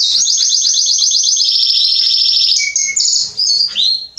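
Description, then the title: Belgian canary song, a loud fast rolling trill of high notes, then short whistles and a falling note. Male Belgian canary singing a lot, used to warm up young birds in thirty minutes, for song training. "Esquente Seu Filhote E Canario Belga Em 30 Minutos Macho Cantando Muito"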